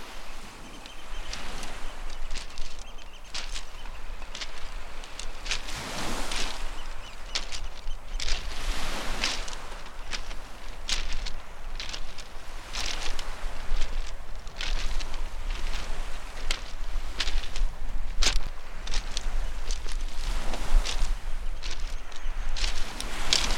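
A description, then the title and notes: Waves wash steadily along the Anglesey shore, a dense hiss full of fine crackles and clicks. Brighter surges swell up every few seconds, around 6, 9, 13 and 18 seconds, over a constant low rumble that runs beneath the whole stretch. It's early morning in a secretive bay on northern Anglesey. You're walking on a shingle bank that separates a serene, reed-fringed lagoon from the restless rising tide. Recorded by Kevin Parr.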